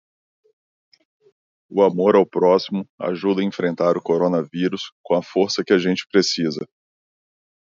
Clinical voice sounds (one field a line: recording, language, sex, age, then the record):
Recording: spoken sentence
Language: Brazilian Portuguese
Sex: male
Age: 30 to 39 years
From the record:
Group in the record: control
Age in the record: 38 years